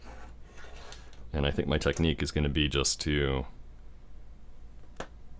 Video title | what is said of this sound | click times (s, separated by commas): White Fox Live Build 1/2 | push down there's a little click that feels like it's seated nicely and it's still in the plate that way | 5.0 s